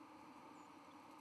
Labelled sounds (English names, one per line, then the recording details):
White-throated Sparrow flight call
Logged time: 10:04 on 31 October 2014